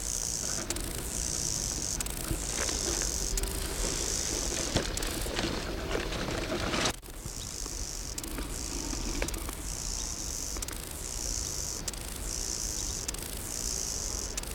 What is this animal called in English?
Lesser Marsh Grasshopper